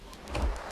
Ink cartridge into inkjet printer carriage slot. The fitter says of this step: just install it and press till you hear click